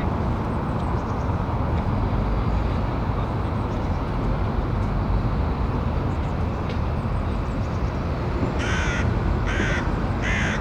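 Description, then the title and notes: Crow giving three harsh caws in quick succession near the end, over a steady low roar of car traffic. Crows in the trees of Square de Meeûs, Ixelles, Belgium, with car traffic echoing off buildings; recorded on Sony PCM-M10 internal microphones. "Square de Meeûs, 1050 Ixelles, Belgique. corbeaux dans les arbres"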